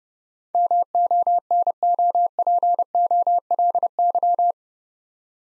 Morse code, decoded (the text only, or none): MONOPOLY